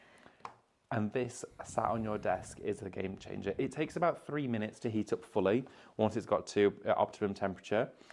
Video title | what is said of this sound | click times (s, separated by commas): Top Up Your Tools! | and it just pops into place like that, okay? | 0.5 s